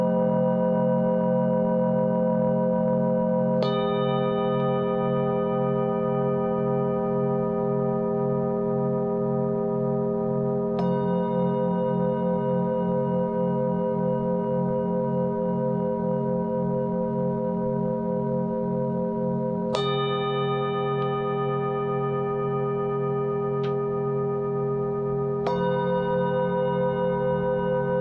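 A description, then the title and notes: Tibetan singing bowls ring in long, sustained tones, struck anew about every six to nine seconds, each strike a bright attack at roughly 4, 11, 20 and 25 seconds. Beneath them a deep, pulsing throat-singing drone holds steady throughout, keeping the overall level constant. Relaxing Tibetan Singing Bowls music with some kind of kargyraa-style throat singing. Tibetan Singing Bowls with some Throat singing.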